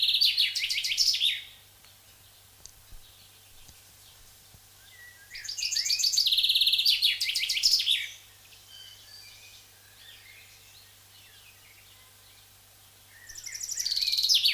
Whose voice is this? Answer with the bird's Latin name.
Fringilla coelebs